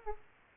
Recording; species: mosquito wingbeat signal from an infrared sensor; Aedes aegypti